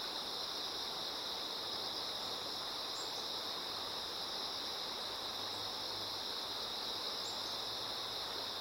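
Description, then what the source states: Unbroken high insect chorus over rushing stream water, with a couple of tiny, very high chirps and a low faint hum. Insects singing in chorus beside a slowly flowing river.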